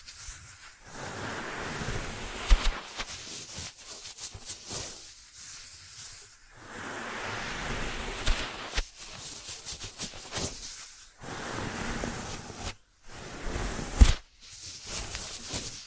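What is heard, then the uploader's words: ASMR ear treatment sounds: waves of soft, hissing rustle and scratching that swell and fade, broken by short silent gaps around five, eleven and thirteen seconds. Sharp clicks or taps punctuate it near 2.5, 9 and 14 seconds. ASMR 3D Brain Penetrating Ear Treatment.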